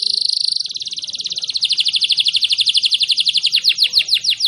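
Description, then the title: Canary song: a high buzzy trill that slides into a long rolling series of rapid repeated notes, which slow into wider swoops toward the end. Canary whose song is described as gacor, ngotot and a long roll (roll panjang), meant to make other canaries answer right away (langsung nyaut). "LANGSUNG NYAUT GACOR DOR Kenari Manasaja, Dengan Kicau Kenari GACOR NGOTOT ROLL PANJANG"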